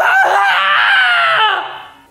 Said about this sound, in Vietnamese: Tiếng hét thất thanh của Tú làm cho Nguyệt đang ngủ trên ghế cũng đã bị tiếng hét rất lớn vừa rồi làm cho đánh thức, mà bàng hoàng phải ngồi bật dậy mà vẫn chưa hiểu được chuyện gì đang xảy ra.